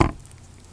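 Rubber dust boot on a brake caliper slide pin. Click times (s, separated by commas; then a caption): 0.0 s. A greased rubber dust boot on a rear brake caliper slide pin of a 2001 Chevy Silverado 1500 4x4 is pressed down by hand, and its outer lip snaps into place at 0.0 s with a short, dull click. The snap fades into quiet with a few faint ticks, and a sharper tick comes near 0.8 s. The boot is seated.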